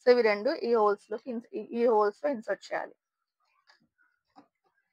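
Someone talks for about the first three seconds while the two tabs of a monitor mounting bracket are lined up and inserted into the two holes of a desktop stand before being pressed home. After the talk, only two faint short ticks are heard, at about 3.7 s and 4.4 s. Nothing has seated or clicked yet.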